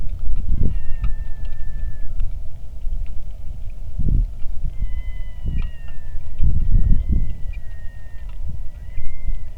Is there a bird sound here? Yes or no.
yes